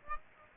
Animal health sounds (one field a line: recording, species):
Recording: mosquito wingbeat signal from an infrared sensor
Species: Aedes aegypti